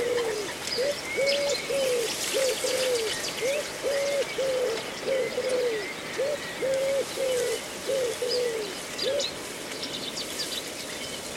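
Birds calling in a reedbed: a repeated low, hooting coo sounds in steady groups of two or three, roughly every half second for most of the clip. Thin high chirps and a faint constant hiss of other birds sit behind it.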